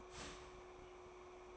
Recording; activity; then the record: daily activity, microphone in the room; start toaster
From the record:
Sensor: 1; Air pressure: 1004.3 hPa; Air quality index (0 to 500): 200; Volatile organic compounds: 19 ppm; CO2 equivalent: 2639 ppm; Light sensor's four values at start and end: 5/13/4/5 and 5/13/4/5